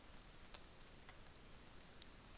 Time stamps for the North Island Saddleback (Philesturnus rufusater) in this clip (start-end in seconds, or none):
none